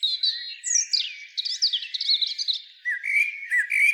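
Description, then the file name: Common blackbird song: a flowing run of warbled, sliding whistles that dips and rises, breaking into higher squeaky twitters near the end, with a faint steady tone underneath. "Turdus merula"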